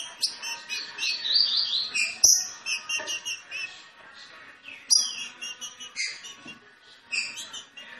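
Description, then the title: Green-winged saltator song, a dense sequence of rich whistled notes with quick downslurs and a few sharp high clicks. Classic song (canto clássico), training recording. "Canto Clássico Trinca Ferro TREINAMENTO"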